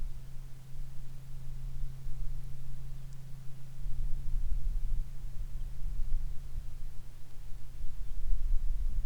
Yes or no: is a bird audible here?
yes